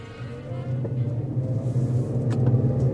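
A car engine drones steadily while driving, a low, even hum with a constant rumbling undertone and faint brief clicks over it, with no talking.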